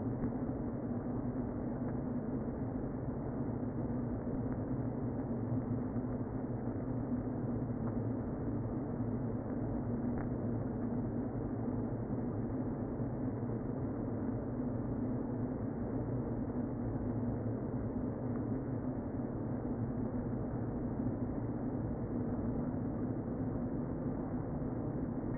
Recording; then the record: honeybee colony, microphone inside the hive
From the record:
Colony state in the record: queen present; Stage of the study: before two queens were removed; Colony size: about 60,000 bees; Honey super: yes